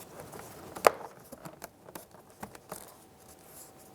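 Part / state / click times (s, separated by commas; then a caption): plastic trim piece into door panel / seated / 0.9 s. A plastic trim piece is hooked at the back and rolled into place at the front of the rear driver's side door panel on a 1998-2002 Lincoln Navigator, during a power window motor replacement. A sharp click is heard at 0.9 s as the trim seats, followed by a few softer taps and rustles. The trim piece is seated and secure.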